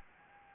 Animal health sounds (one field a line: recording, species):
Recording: mosquito wingbeat signal from an infrared sensor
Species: Anopheles gambiae